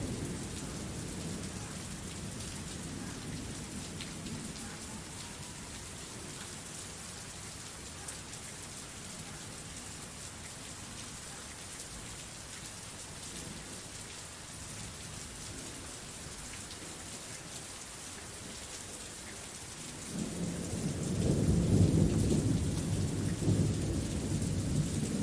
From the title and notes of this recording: 1 Hour Gentle Rain and Thunder Sounds: Nature's Harmony for Serene Ambiance. Calming rainstorm.